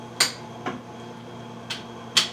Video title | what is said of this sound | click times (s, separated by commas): Checking Main Bearing Clearance with Plastigage | just hear that nice click | 2.2 s